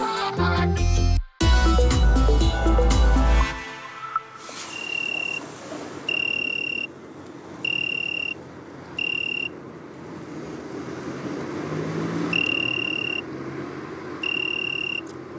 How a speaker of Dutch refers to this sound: Langs de zeesluisweg in Scheveningen klinkt van onder een keizerskaars deze krekel.